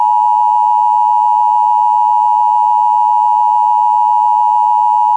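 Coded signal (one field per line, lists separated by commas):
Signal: Emergency Alert System (SAME) tones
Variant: 853 and 960 Hz attention tone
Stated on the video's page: Severe thunderstorm warning for multiple Virginia counties, sourced from WJON/IP radio.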